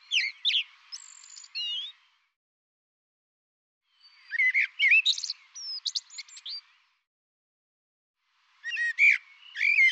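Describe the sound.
Bird repeats high, varied phrases of chirps and whistled slurs in three bursts set apart by pauses.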